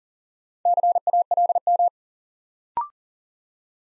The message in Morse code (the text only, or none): CALM